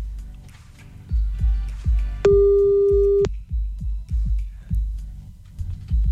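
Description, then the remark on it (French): A single steady telephone tone, heard while calling a woman back, sounds for about a second, mid-pitched and clear, over a background of regular low, thumping pulses that continue throughout. “Nous allons la rappeler.”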